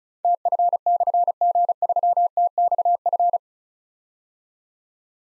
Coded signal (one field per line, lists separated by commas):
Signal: Morse code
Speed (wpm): 36 wpm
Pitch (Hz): 700 Hz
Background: none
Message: TF/G3TXF